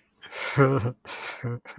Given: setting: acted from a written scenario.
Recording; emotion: vocal sound without words; sadness